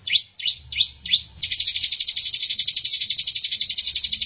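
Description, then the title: Canary song: four rising swept notes, then a fast, even rattling trill, high-pitched and continuous. Champion singing canary. "Kicau Burung Kenari Juara"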